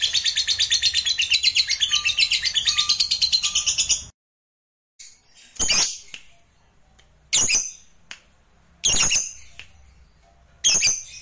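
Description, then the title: Lovebird song: a fast rapid-fire chatter of high, pulsed notes for four seconds, then a pause and scattered harsh chirps and squeaks every second or two. "Suara Lovebird"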